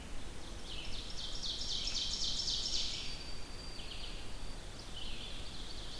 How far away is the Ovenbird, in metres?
about 70 m